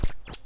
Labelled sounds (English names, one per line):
Stitchbird song